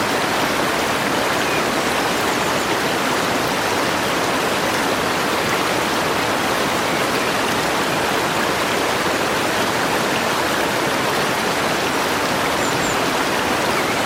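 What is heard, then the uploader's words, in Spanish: An alpine stream rushes over rocks in a steady, dense wash of water sound that never pauses. The flow stays even from start to finish, full and bright with fine splashing texture, with no distinct events or other sounds standing out. Arroyo Montañoso Nevado. Anidado en los Alpes franceses cerca de la frontera con Suiza, se encuentra un tranquilo arroyo alpino, que fluye a través de un silencioso bosque de coníferas. Agua corriendo sobre las rocas.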